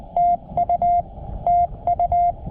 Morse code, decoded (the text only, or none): TU TU